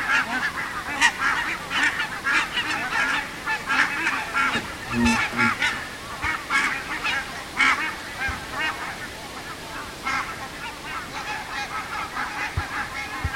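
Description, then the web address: Barnacle goose: barnacle geese calling as a flock, a dense overlapping chorus of short yapping honks that carries on without a break. Several barnacle geese. "linnut valkoposkihanhet"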